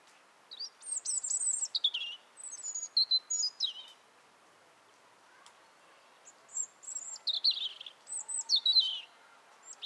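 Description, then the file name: European robin song: two phrases of high, thin whistles and fast tumbling twitters, separated by a pause. "Erithacus rubecula"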